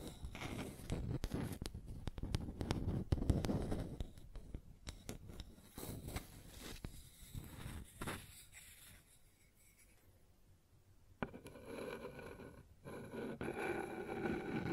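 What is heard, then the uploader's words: Knocks, scrapes and rubbing on a wooden surface, busy and irregular at first, thinning out around ten seconds before steadier rubbing resumes. ASMR Sounds on Wooden Surface (No Talking).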